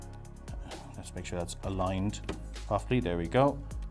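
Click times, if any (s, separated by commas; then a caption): none. A fan assembly is lowered back over the RAM slots of a P360 Ultra mini workstation chassis and lined up, with a few faint taps of handling. Someone talks over background music. Nothing has seated or clicked yet by the end of the clip.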